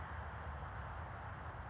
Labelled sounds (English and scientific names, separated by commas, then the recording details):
Oak Titmouse (Baeolophus inornatus)
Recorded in Sonoma County, California